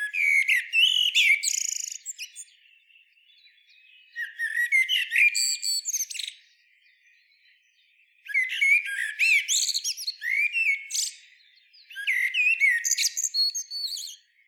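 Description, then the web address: Eurasian blackbird song: four separate phrases roughly every four seconds, each mixing warm warbling with squeaky high-pitched twitters. "SETE Turdus merula"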